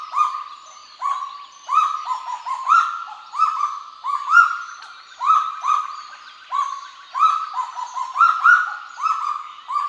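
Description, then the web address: Kagu giving a long series of ringing, held notes, packed closely and sometimes overlapping, with short pauses between clusters. "sound Kagu. صدای-پرنده-کاگو"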